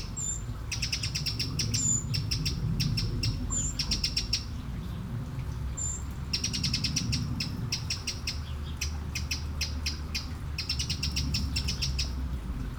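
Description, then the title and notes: Eurasian blackbird calls: bursts of sharp clicking chatter mixed with thin, high whistled notes, repeated throughout over a steady low rumble. One blackbird by a small river in Aveize, France, 12 July 2017; recorded with DPA-2006c microphones in AB position into an SD MixPre-3. "Aveize, France - Merle - Blackbird. 20170712-Merle et ruisseau. Bord de ruisseau, un merle, quelques mouches, des avions au loin"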